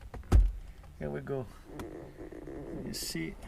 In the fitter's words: Right there, you slide your finger behind and should hear a pop.